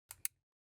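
A battery handle accessory is pushed onto the bottom of a DJI Osmo Pocket 3 pocket gimbal camera, snapping home with two sharp clicks at 0.1 s and 0.3 s, the second louder. It seats properly this time, after an earlier try pushed at an angle had not clicked into place.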